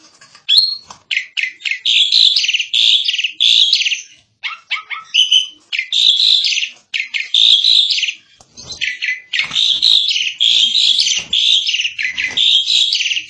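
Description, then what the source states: Asian pied starling song: loud, varied bursts of harsh chatter and whistled notes, delivered in phrases separated by short pauses. Song compilation of various birds for tutoring songbirds (masteran).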